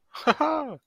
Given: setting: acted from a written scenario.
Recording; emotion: vocal sound without words; positive surprise